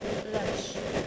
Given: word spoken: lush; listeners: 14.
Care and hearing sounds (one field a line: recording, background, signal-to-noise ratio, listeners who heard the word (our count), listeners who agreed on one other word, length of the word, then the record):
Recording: one English word in noise, from a listening test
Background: noise modulated by three-talker babble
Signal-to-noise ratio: -4.7 dB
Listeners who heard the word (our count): 4 of 14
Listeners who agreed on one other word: 6 of 14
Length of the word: 0.67 s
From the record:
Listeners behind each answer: 6, 4, 2, 2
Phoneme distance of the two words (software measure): 17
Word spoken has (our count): 1 syllable, 3 phonemes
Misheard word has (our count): 1 syllable, 4 phonemes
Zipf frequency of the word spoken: 3.67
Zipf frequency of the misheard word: 4.72